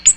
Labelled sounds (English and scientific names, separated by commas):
Ovenbird (Seiurus aurocapilla) flight call